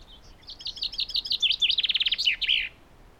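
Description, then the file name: Common chaffinch singing a cheerful run of high notes that accelerate and drop in pitch, breaking into a fast trill and closing with an emphatic twirl. "Fringilla coelebs"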